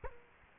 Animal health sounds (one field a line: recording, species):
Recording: mosquito wingbeat signal from an infrared sensor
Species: Culex quinquefasciatus